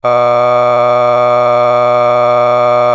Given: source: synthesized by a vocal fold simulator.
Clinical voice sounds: sustained vowel; male; a random mix of aspiration noise, stiffness perturbation and strain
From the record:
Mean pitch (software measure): 122 Hz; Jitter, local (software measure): 0.82%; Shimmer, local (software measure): 4.3%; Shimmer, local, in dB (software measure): 0.37 dB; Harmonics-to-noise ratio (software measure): 17.5 dB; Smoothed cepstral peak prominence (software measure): 18.4 dB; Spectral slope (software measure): -15.5 dB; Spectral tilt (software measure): -10.0 dB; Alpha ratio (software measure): -5.9 dB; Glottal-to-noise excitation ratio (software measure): 0.963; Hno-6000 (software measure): 2.1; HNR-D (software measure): 27.7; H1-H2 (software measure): 2.3 dB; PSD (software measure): 7.3e-05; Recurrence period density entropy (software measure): 0.112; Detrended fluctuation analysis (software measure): 0.0316

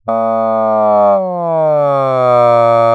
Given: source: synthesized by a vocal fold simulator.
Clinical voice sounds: sustained vowel; male; asymmetry, level 33 of 51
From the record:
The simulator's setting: 4.20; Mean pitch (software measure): 126 Hz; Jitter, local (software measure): 0.23%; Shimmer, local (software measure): 1.5%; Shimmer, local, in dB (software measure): 0.11 dB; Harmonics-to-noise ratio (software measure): 31.3 dB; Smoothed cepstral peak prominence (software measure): 23.5 dB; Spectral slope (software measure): -18.8 dB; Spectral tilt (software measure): -13.0 dB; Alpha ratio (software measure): -9.3 dB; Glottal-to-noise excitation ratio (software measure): 0.956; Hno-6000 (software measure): 2.8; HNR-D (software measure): 27.7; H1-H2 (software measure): -2.3 dB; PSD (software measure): 1.4e-03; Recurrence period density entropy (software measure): 0.114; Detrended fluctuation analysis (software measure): 0.0442

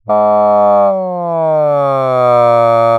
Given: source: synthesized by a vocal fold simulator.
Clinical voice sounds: sustained vowel; male; asymmetry, level 28 of 51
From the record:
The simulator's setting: 3.70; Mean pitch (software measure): 130 Hz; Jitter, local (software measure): 0.20%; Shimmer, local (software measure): 1.0%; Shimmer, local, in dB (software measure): 0.10 dB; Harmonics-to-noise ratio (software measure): 33.2 dB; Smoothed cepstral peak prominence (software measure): 23.7 dB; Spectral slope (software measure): -19.2 dB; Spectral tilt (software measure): -13.0 dB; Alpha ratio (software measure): -9.6 dB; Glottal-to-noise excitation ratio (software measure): 0.958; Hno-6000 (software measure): 3.1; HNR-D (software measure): 26.7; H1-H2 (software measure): -0.6 dB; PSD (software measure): 1.5e-03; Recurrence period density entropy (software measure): 0.113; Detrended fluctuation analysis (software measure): 0.0433

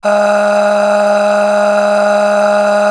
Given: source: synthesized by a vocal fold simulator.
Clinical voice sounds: sustained vowel; female; aspiration noise (breathiness), level 10 of 10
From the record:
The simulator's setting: 4.64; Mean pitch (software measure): 206 Hz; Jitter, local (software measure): 1.16%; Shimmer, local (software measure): 16.6%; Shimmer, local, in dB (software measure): 1.47 dB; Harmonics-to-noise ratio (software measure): 10.0 dB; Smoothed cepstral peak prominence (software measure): 10.0 dB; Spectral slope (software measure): -19.2 dB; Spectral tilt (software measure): -7.2 dB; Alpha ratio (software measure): -9.7 dB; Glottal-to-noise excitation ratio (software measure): 0.627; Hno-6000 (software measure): 1.7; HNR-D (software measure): 32.0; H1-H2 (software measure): 7.4 dB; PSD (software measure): 7.1e-05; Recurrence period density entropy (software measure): 0.136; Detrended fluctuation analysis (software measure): 0.0277

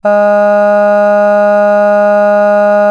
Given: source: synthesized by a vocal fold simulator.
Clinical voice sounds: sustained vowel; female; none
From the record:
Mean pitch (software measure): 206 Hz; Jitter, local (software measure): 0.19%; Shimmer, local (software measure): 1.4%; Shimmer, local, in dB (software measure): 0.12 dB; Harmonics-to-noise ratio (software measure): 31.7 dB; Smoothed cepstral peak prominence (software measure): 18.8 dB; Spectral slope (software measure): -21.9 dB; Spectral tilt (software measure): -8.6 dB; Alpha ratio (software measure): -12.4 dB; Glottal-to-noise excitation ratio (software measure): 0.975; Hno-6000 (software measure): 2.5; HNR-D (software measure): 39.8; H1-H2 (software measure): 9.5 dB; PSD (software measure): 1.8e-05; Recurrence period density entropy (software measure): 0.137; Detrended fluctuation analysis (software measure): 0.0274

